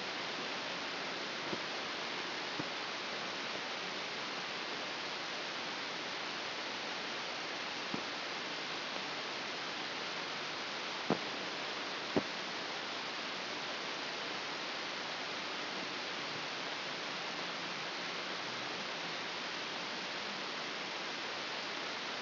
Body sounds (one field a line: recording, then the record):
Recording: brain microelectrode recording played as sound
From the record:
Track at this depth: inside the subthalamic nucleus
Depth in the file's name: 5.911 mm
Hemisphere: left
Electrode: 2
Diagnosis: Parkinson's disease